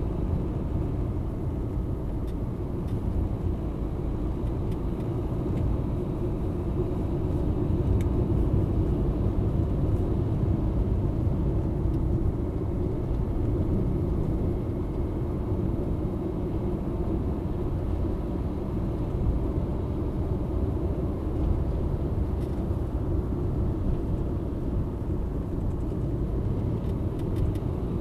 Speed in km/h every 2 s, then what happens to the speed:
62, 59, 59, 65, 67, 67, 66, 66, 66, 70, 71, 69, 63, 60.
0-5 steady at about 59. 5-8 speeds up to 67. 8-21 steady at about 67. 21-28 slows to 60.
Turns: none.